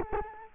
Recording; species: mosquito wingbeat signal from an infrared sensor; Culex quinquefasciatus